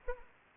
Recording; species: mosquito wingbeat signal from an infrared sensor; Anopheles arabiensis